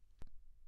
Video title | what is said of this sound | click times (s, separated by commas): SPw70 GPRS Configuration - Installation video | place the battery compartment cover back on the terminal and slide back into position until an audible click is heard | 0.2 s